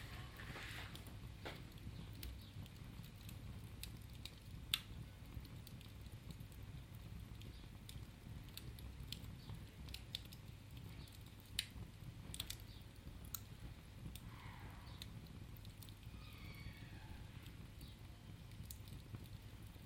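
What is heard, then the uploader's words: A fire crackles steadily with sharp, irregular pops over a low rumbling murmur, while faint voices rise briefly near the end. Fireside at Albergue Peón. 2 minutes of feet up around the hearth, a crackling blaze and considerate pilgrims. Recorded along del Norte, the northern coastal route of the Camino de Santiago network of pilgrimage paths converging in Spain. These tiny meditations are made with binaural microphones.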